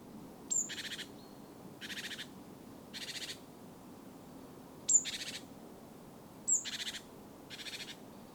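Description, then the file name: Great tit calls: harsh, buzzy chattering bursts, several preceded by a thin, sharp high note, repeated every second or two over a low, steady background rumble. "Parus major"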